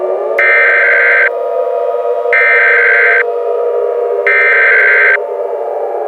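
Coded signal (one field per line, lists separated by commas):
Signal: Emergency Alert System (SAME) tones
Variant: header bursts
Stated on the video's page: Fictional EAS scenario.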